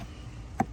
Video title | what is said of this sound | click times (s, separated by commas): CPI kit install on Kia stinger | and you see that here. Make sure it clicks, | 0.6 s